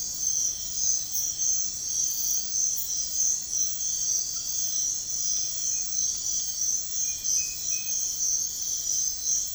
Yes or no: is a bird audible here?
no